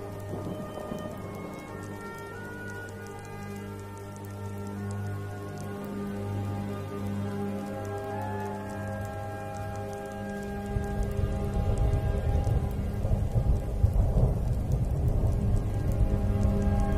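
Rain falls at night with a steady patter of drops, under a low, sustained hum of layered tones that holds for the first ten seconds. Around the eleventh second the rain thickens into a louder, denser rush with scattered sharper drips, staying heavy to the end.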